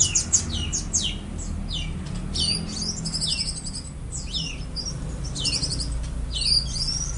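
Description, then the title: Orange-headed thrush song: a rapid stream of high, sharply descending whistled notes and short chirps, with a steady low rumble underneath. "Anis Merah"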